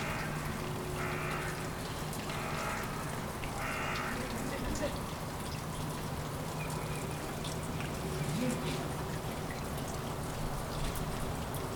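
Light rain falls on city streets in Kuldiga, Latvia, a steady, dense patter that holds at an even level throughout. A low hum runs underneath, and faint voices or brief bursts of sound surface around one to four seconds and again near eight seconds.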